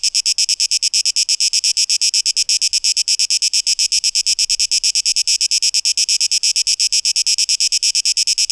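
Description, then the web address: Cicadas: piercing high buzz pulsed in clear, rapid, even beats, steady throughout, with a little faint low rumble. Cicadas recorded on 12 August 2023. "rauschpartikel Audio 2023-08-12 Zikaden"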